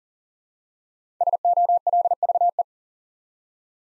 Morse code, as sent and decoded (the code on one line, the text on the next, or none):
... --- .-.. ...- .
SOLVE